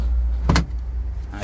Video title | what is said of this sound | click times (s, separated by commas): 2021 TOYOTA RAV4 GX-2WD | you don't like it if you do want to take it out they simply just pop out of place like that and you can remove them as well as | 0.5 s, 0.6 s